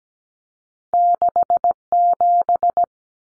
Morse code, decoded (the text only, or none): 67